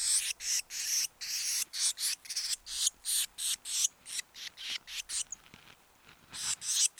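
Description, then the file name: Eurasian blue tit producing a long series of harsh, noisy churring notes, about three a second, briefly quiet before a final burst. "Cyanistes caeruleus"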